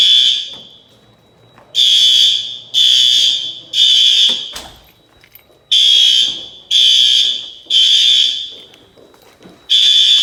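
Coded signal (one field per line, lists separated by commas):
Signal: alarm pattern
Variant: fire alarm bell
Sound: loud electric bell rings three times, pauses, then repeats three rings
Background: indoor room, faint thump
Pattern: temporal three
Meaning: The temporal-three pattern is the standard fire evacuation signal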